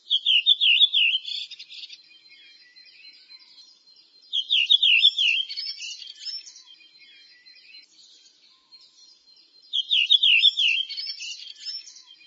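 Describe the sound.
Bird song, a high wavering trilled phrase followed by scratchy twittering, repeated three times at intervals of about five seconds, with quiet pauses between.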